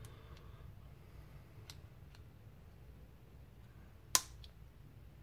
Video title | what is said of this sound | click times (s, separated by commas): Simple Nerf retaliator brass breech | you can hear, the snapping in, so it's a nice tight seal. | 4.1 s